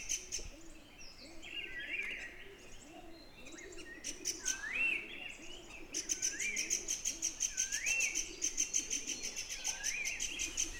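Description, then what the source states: Bird song of clear upslurred whistles near the same pitch, repeated every couple of seconds, with a thin, rapid high-pitched ticking series over a soft, busy background. Recorded in a forest.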